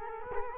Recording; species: mosquito wingbeat signal from an infrared sensor; Culex quinquefasciatus